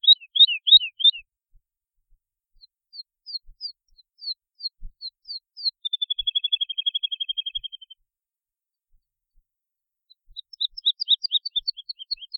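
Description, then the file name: Woodlark song of down-slurred notes in separate series, including a steady fast trill of short notes and a final burst of high whistles. "trädlärka"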